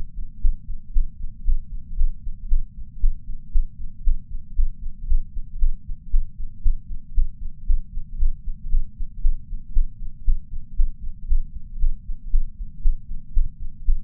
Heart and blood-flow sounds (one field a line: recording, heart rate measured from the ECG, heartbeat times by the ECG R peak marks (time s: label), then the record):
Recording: heart sounds by patch sensor on the chest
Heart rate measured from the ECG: 116 bpm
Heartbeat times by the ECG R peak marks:
0.41 s: heartbeat
0.92 s: heartbeat
1.44 s: heartbeat
1.96 s: heartbeat
2.48 s: heartbeat
3.00 s: heartbeat
3.51 s: heartbeat
4.03 s: heartbeat
4.55 s: heartbeat
5.06 s: heartbeat
5.58 s: heartbeat
6.10 s: heartbeat
6.62 s: heartbeat
7.14 s: heartbeat
7.65 s: heartbeat
8.17 s: heartbeat
8.69 s: heartbeat
9.21 s: heartbeat
9.73 s: heartbeat
10.24 s: heartbeat
10.75 s: heartbeat
11.27 s: heartbeat
11.78 s: heartbeat
12.30 s: heartbeat
12.81 s: heartbeat
13.33 s: heartbeat
13.84 s: heartbeat
From the record:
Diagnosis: coronary artery disease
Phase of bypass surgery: postoperative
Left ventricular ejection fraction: 71.2%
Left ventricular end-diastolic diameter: 40 mm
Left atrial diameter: 32 mm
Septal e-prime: 7.5 cm/s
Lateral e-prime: 10.9 cm/s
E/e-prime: 8.9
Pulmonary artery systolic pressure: 32 mmHg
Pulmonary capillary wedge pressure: 12 mmHg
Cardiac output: 5.45 L/min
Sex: female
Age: 65 years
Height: 153 cm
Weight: 51.5 kg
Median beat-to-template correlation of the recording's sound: 0.91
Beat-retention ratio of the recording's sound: 0.96